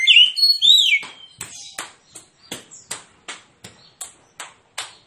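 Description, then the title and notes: Oriental magpie-robin: a short burst of whistled song, then a steady series of sharp, clicking notes. Magpie-robin song in fighting mode, persistent with full 'tembakan' bursts, used as therapy to make lazy, silent magpie-robins sing and fight within minutes. "Kacer Langsung Tarung Konslet KACER NGOTOT FULL TEMBAKAN. Kicau Kacer santaiterapi Kacer males bunyi. Kacer 1"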